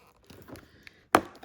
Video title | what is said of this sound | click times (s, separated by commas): Headlight Housing Replacement on a 2015 Ford Mustang 3.7L V6 | just gonna push it in until you hear a nice click. Like | 1.2 s